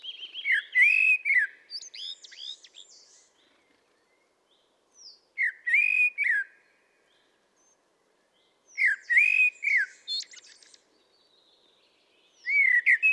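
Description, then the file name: Common blackbird song in four separate phrases, each a low melodious warble mixed with sharp high squeaky notes, separated by quiet gaps of a few seconds. "Turdus merula"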